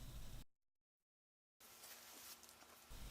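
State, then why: Not seated. On a 2013 Hyundai Elantra MD Series, the plastic engine oil filler cap is screwed back onto the valve cover after refilling the oil. Broadband handling noise cuts to near silence from about 0.5 to 1.6 s, then resumes with a brief sharp sound at 2.5 s. The cap has not seated or clicked yet.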